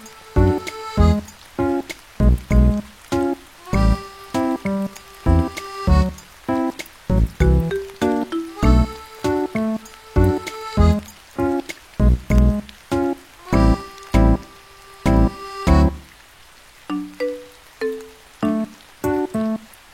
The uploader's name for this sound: Music w/ Rain Sounds